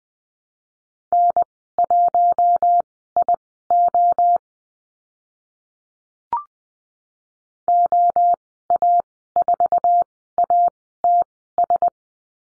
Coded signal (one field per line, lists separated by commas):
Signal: Morse code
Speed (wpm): 20 wpm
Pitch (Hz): 700 Hz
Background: none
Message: N1IO OA4ATS